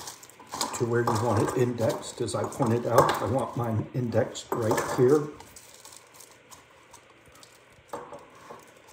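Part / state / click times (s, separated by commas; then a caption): holster adapter on gun belt / not seated / none. A Safariland holster adapter is moved along a gun belt and lined up at the chosen index position on the retention piece while someone talks. Soft handling sounds and light taps follow, including a sharper knock near 7.9 s. The adapter has not yet snapped onto the retention piece.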